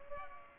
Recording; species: mosquito wingbeat signal from an infrared sensor; Culex pipiens